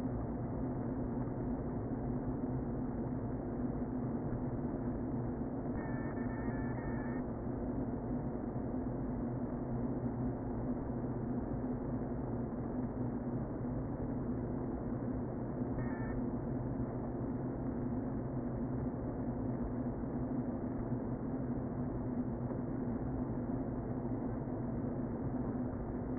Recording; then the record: honeybee colony, microphone inside the hive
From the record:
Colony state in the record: queen present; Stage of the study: before two queens were removed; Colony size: about 60,000 bees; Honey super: yes